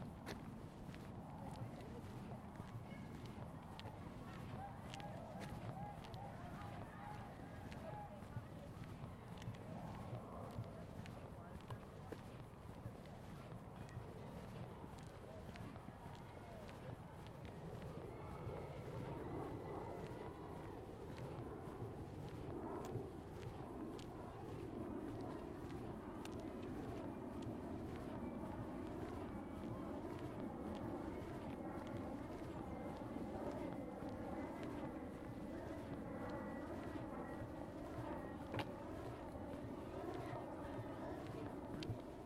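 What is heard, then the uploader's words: A stroll through a Seattle neighborhood, with a steady low rumble of traffic running through the whole walk. Voices come and go over it, and short clicks and taps sound regularly, likely footsteps. A faint high whine hangs in the second half. Stroll in the neighborhood of the Tintinabulary, Seattle.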